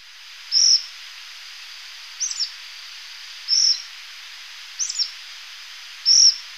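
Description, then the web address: Black phoebe calls: sharp high chips, alternating a flat single note with a quick broken note, over a steady hiss. Ecuador. "Birds of Ecuador. Black Phoebe"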